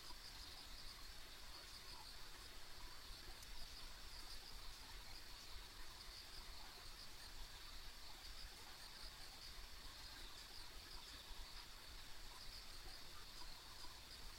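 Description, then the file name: Insects trilling as one steady high band of sound, above an unbroken low rumble. Ambient insect sounds along a country road. "田舎道の虫の環境音"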